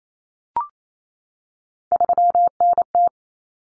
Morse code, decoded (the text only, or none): 3NT